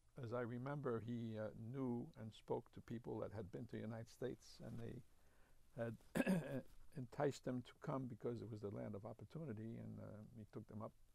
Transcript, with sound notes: as I remember, he knew and spoke to people who had been the United States and they had (he clears his throat) enticed him to come because it was the land of opportunity and he took them up.